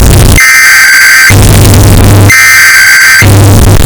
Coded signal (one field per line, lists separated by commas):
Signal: Emergency Alert System (SAME) tones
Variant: header bursts